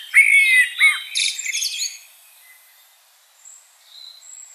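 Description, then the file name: Common blackbird song: a brief fluty whistle and a looping note, then scratchy high twitter fading into quiet with faint thin calls. "Turdus merula"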